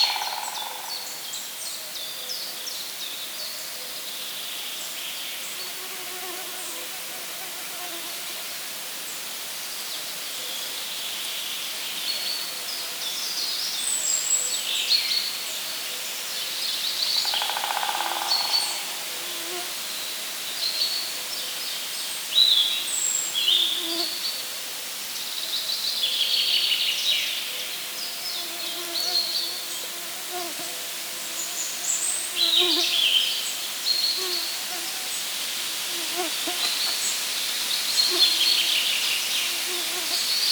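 A daytime wood with a steady hiss of ambient noise and many small bird calls scattered throughout, bright chirps and short trills that grow busier after about twenty seconds. Soft lower tones and a faint insect-like buzz sit underneath.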